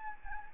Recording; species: mosquito wingbeat signal from an infrared sensor; Anopheles gambiae